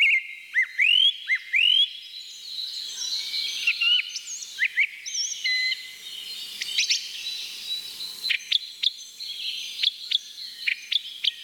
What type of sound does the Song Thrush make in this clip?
song